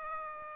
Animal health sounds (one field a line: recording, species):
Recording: mosquito wingbeat signal from an infrared sensor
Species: Aedes aegypti